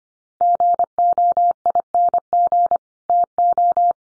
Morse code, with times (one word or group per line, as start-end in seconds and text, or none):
0.4-2.8 GOING
3.1-3.9 TO